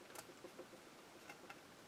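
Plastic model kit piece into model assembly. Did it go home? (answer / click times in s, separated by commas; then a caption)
no / none. A plastic model kit piece for an NCC-1701-D Enterprise build is handled against the model assembly, giving brief faint ticks at about 0.2, 1.3 and 1.5 seconds over a quiet background. Nothing has seated or clicked into place yet.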